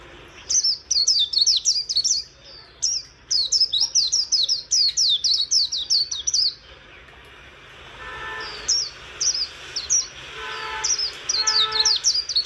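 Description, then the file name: White-eye song of fast high chirping runs; in the latter half, lower harmonic sounds come between the high notes. "Zosterops"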